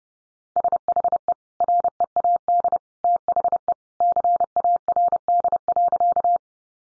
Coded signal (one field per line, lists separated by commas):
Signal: Morse code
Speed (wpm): 30 wpm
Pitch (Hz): 700 Hz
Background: none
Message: SHE READ THE CARD.